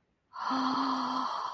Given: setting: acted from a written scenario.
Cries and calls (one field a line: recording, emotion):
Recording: vocal sound without words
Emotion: awe